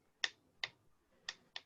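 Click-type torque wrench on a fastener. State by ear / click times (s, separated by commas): torque reached / 0.2 s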